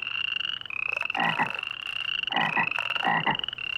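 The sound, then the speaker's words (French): A group of frogs croaks loudly in repeated throaty bursts, rising and falling over a steady, high-pitched trilling chorus that runs throughout. “Un groupe de grenouilles coasse à gorge déployée.”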